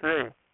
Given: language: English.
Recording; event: throat vibration sensor signal played as sound; speech